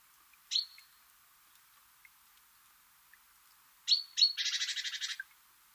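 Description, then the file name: Great tit calls: a lone high note, then two sharp high chirps and a rapid buzzy churring series of about ten harsh pulses lasting under a second, in a quiet background. "Parus major"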